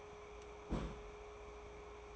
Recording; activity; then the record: daily activity, microphone in the room; place on stove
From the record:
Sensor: 1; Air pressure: 1010.3 hPa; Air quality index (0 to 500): 170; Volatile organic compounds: 12 ppm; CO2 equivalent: 2349 ppm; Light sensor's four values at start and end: 56/145/60/76 and 54/140/58/73